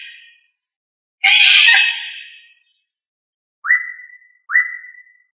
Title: manok ostrali